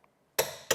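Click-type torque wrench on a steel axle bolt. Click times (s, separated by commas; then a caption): 0.4 s. A click-type torque wrench set to 70 ft-lb tightens a steel axle bolt on the track kit's centre bushing until it clicks at 0.39 s, confirming the bolt is torqued to setting. A faint tick comes at 0.04 s, and a second sharp snap follows at 0.71 s.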